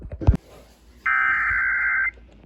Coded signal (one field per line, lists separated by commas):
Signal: Emergency Alert System (SAME) tones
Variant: header bursts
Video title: EAS Alerts From 6/24/25 #COWX